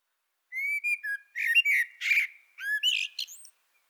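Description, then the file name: Common blackbird song: a clear whistled opening phrase around mid pitch, followed by squeaky, twittering high notes, all within about three seconds, no other sounds. "Turdus merula"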